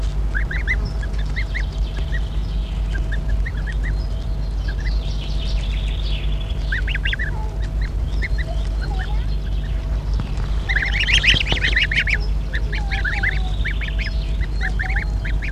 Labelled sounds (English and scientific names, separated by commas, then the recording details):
Greylag Goose (Anser anser) call
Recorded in the wild
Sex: group
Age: juvenile
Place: Petershain, Niederlausitz, Sachsen, DE
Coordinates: 51.3167, 14.7514
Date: 1963-06-10
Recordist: Meyer, Hugo